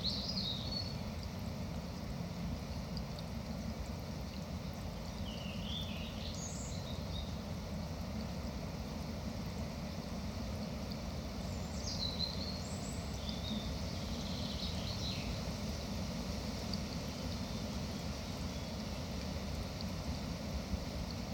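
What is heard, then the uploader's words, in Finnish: A central forest with a steady low rumble of traffic, while a few birds call in short, bright chirps every few seconds. Helsingin reitit - Keskusmetsä. Kenttä-äänittämiselle korona-aika tarjosi lentomeluttoman ympäristön. Binauraalisilla tekniikoilla äänitetty Keskusmetsä-teos.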